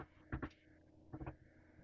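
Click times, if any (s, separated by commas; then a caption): 0.3 s. A small part, probably plastic, is pulled off a newly unbagged project item and comes free with a sharp snap at 0.3 s, followed by a second snap at about 0.4 s. Two fainter clicks follow at about 1.1 s and 1.3 s. The part is released, and it may have broken.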